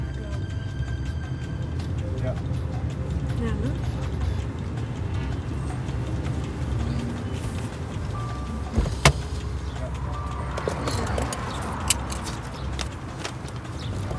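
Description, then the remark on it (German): A car rolls slowly over one-way metal tire spikes at the border to the Israeli side, its steady low rumble broken by a few sharp metallic clunks and rattles, the loudest about two-thirds of the way through. “Frank und Sophie fahren über diese Krähenfüße, so spitze Metallteile”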